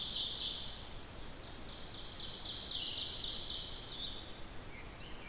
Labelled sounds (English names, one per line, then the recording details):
Ovenbird song
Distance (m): 45 m
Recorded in boreal forest in Alberta, Canada, on 14 June 2016 at 06:02
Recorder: SongMeter 3, array SBT-3-33
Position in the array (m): 110 m, 18 m
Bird 21